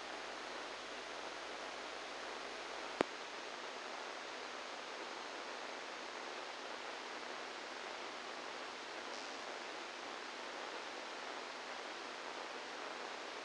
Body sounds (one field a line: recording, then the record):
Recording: brain microelectrode recording played as sound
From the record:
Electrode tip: inside the subthalamic nucleus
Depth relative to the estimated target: -2 mm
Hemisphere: right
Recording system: NeuroSet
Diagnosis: Parkinson's disease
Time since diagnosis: 10 years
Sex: male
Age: 63 years